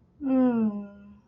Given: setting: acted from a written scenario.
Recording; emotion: vocal sound without words; serenity